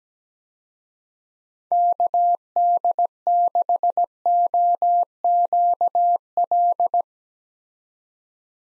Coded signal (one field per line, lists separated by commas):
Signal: Morse code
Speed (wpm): 17 wpm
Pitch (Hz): 700 Hz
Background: none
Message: KD6OQL